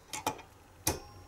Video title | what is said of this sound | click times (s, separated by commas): Daily Vlog 1: Corsair CS650M PSU - My First Vlog in 7 Months | until it clicks like that that's when it's set into like the previous L made Mark | 0.9 s